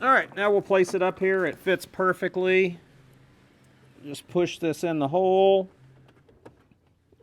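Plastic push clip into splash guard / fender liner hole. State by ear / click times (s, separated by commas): seated / 6.5 s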